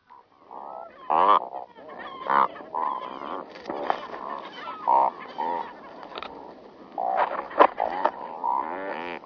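Cormorant calls: a busy chorus of nasal, honking croaks from several birds, overlapping almost without pause.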